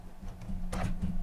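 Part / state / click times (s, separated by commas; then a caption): monitor panel onto its stand mount / not seated / none. A Samsung M8 4K Smart Monitor panel is lifted onto its stand mount with its grooves being lined up, giving soft handling rustles over a steady low hum and a brief louder scrape-like burst at about 0.7 s. Nothing has seated or clicked yet; the clip ends just before the panel latches onto the mount.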